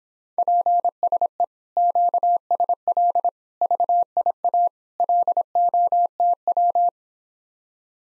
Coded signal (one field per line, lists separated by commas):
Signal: Morse code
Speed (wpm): 26 wpm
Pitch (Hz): 700 Hz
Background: none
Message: PSE QSL VIA LOTW